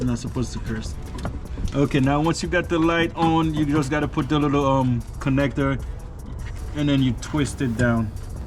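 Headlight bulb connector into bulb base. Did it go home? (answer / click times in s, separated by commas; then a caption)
no / none. A connector is being fitted onto an LED/HID headlight bulb base in a 2007–2013 Acura MDX, ready to be turned down into place. Someone talks throughout the clip. Nothing has seated or clicked yet.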